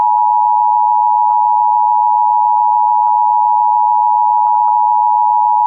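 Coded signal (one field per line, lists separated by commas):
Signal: Emergency Alert System (SAME) tones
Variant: 853 and 960 Hz attention tone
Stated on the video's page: Simulated EAS scenario for a tornado warning.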